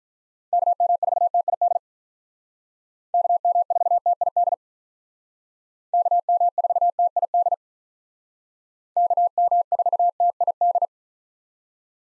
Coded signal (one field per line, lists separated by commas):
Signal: Morse code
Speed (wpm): 45 wpm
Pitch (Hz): 700 Hz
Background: none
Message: KM4TID KM4TID KM4TID KM4TID